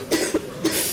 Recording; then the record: coughing mixed with background sound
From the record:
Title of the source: 55 gaggy wet cough